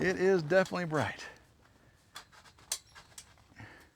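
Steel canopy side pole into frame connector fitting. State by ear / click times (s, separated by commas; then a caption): seated / 2.7 s. Someone talks over the first second, then a galvanized steel side pole of a carport canopy frame is pushed into its connector fitting with a few light knocks. At 2.7 s the spring button catches with a sharp click, and the pole is seated in place.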